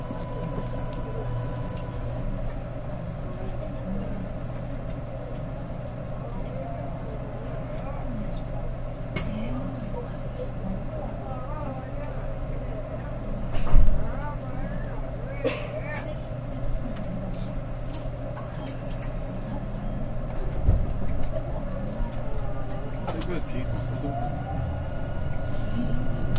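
A train ride between Rinku Town and Namba, with a steady low rumble and hum running throughout and thin whining tones above it. Faint voices murmur in the mix, sharp knocks land near 14 and 21 seconds, and the noise swells toward the end.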